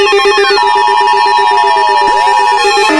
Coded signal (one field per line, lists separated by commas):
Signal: Emergency Alert System (SAME) tones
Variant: 853 and 960 Hz attention tone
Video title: Exploding Arcade Cabinets (EAS Scenario)